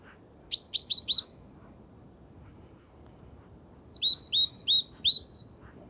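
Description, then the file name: Great tit: a quick run of four sharp, high, downslurred notes, then after a pause a longer series of similar notes, over a low background hum. "Parus major"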